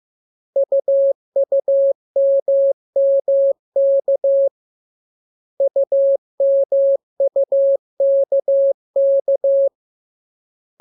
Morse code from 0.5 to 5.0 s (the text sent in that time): UUMMK